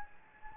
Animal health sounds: mosquito wingbeat signal from an infrared sensor; Anopheles gambiae

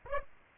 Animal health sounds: mosquito wingbeat signal from an infrared sensor; Aedes aegypti

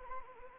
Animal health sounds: mosquito wingbeat signal from an infrared sensor; Anopheles arabiensis

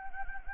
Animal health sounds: mosquito wingbeat signal from an infrared sensor; Anopheles gambiae

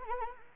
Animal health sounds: mosquito wingbeat signal from an infrared sensor; Anopheles arabiensis

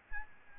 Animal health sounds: mosquito wingbeat signal from an infrared sensor; Aedes albopictus

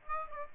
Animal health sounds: mosquito wingbeat signal from an infrared sensor; Aedes aegypti

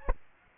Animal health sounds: mosquito wingbeat signal from an infrared sensor; Aedes aegypti

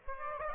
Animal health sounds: mosquito wingbeat signal from an infrared sensor; Aedes aegypti

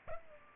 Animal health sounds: mosquito wingbeat signal from an infrared sensor; Culex pipiens

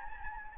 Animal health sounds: mosquito wingbeat signal from an infrared sensor; Anopheles gambiae

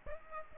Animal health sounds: mosquito wingbeat signal from an infrared sensor; Aedes aegypti

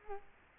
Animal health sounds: mosquito wingbeat signal from an infrared sensor; Culex quinquefasciatus

